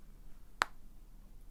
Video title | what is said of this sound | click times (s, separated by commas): ASMR Ma Collection de Bonnets Cabaïa | Et il faut entendre le petit clac | 0.6 s